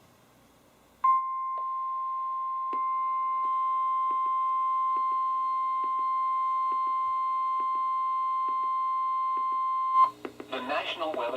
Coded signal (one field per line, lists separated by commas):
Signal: Emergency Alert System (SAME) tones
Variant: 1050 Hz attention tone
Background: speech